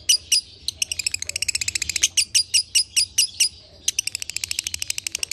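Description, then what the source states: Lovebird chattering song mixing fast trills of high notes with slower spaced sharp chirps, continuous and shrill throughout. Konslet song style, used as a masteran training recording.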